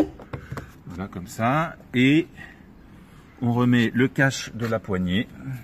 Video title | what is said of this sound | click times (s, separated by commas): Tuto Volkswagen touran tdi démontage serrure porte avant droite | qui se clipse tout simplement comme ça | 0.3 s